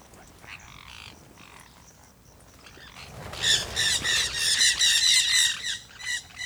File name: Revoada de jandaias verdadeiras que estavam comendo goiaba em terra ronca, passaros, moscas, cigarras